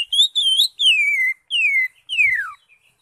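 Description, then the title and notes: Greater Green Leafbird song: loud, clear whistled phrases, mostly slurring downward, in four separate bursts over about three seconds. Caged-bird context; used as a master training recording for teaching captive Greater Green Leafbirds to sing. "Suara Burung Cucak Ijo. mantap buat masteran burung cak ijo"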